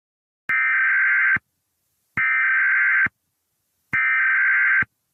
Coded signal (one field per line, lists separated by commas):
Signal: Emergency Alert System (SAME) tones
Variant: header bursts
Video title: EAS Scenario: The Gabs